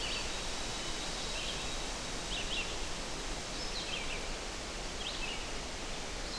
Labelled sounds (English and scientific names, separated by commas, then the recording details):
Red-eyed Vireo (Vireo olivaceus) song
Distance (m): 65 m
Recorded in boreal forest in Alberta, Canada, on 12 June 2016 at 06:37
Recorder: SongMeter 3, array SBT-3-18
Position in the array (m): 237 m, 101 m